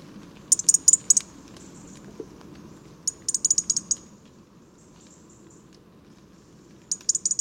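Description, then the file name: European robin giving three bursts of short, very high notes separated by pauses. "Erithacus rubecula"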